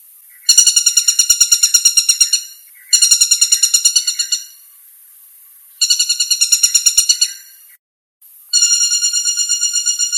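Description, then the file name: Flameback calling in quick metallic rattles of rapid repeated notes, four bursts in a row separated by brief pauses. "suara pelatuk tunggir emas"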